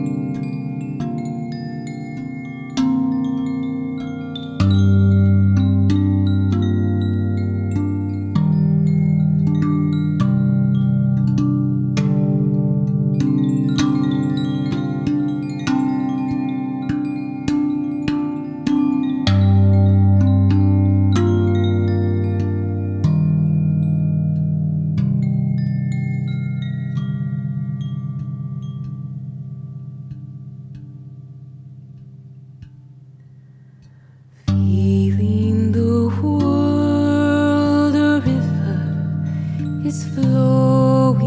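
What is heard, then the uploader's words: A sound bath of long, deep ringing tones that shift to new pitches every few seconds, sprinkled with light chime and bell strikes that gradually thin and fade. Around 35 seconds a loud, bright shimmering swell, like a struck gong, rises over the low drone. Sound bath.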